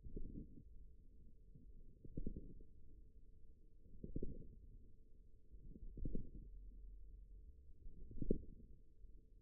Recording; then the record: forearm muscle sounds (acoustic myography)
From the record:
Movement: radial deviation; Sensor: system 1, eight BSWA MPA416 microphones around the upper forearm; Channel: 3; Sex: male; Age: 41 years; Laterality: right